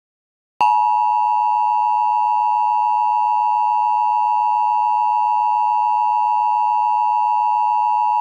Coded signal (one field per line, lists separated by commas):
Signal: Emergency Alert System (SAME) tones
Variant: 853 and 960 Hz attention tone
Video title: [EAS Mock: S2 | #12] "Gigabyte" (03/19/22)